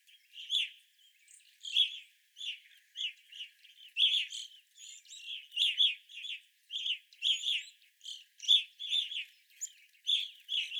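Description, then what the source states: Evening grosbeak flock calling continuously, loud burry chirps in pairs and short runs throughout, with high thin notes layered above. Group of evening grosbeaks recorded 25 April 2021.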